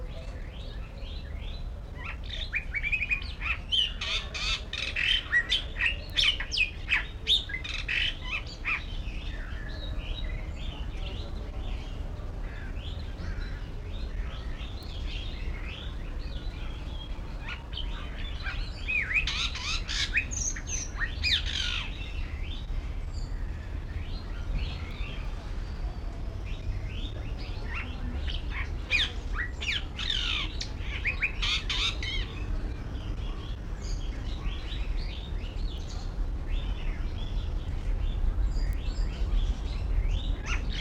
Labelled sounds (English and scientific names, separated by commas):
White-rumped Shama (Copsychus malabaricus)